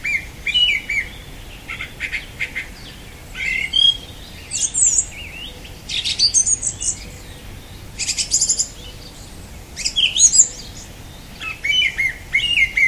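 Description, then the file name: Song thrush singing varied loud phrases of twittering, harsh and whistled notes, each burst followed by a short silence. "Golosa ptic - Pevchij drozd"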